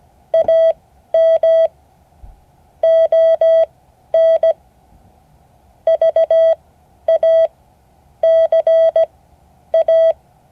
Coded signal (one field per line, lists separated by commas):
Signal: Morse code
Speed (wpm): 17 wpm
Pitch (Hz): 650 Hz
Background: none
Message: AM ON VACA